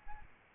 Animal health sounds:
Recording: mosquito wingbeat signal from an infrared sensor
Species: Aedes albopictus

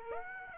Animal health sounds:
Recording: mosquito wingbeat signal from an infrared sensor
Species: Aedes aegypti

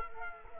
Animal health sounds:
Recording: mosquito wingbeat signal from an infrared sensor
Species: Culex quinquefasciatus

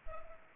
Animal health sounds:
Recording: mosquito wingbeat signal from an infrared sensor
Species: Anopheles arabiensis

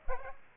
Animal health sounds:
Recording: mosquito wingbeat signal from an infrared sensor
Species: Aedes aegypti

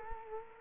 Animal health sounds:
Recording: mosquito wingbeat signal from an infrared sensor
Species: Culex quinquefasciatus

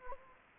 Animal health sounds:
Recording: mosquito wingbeat signal from an infrared sensor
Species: Anopheles gambiae

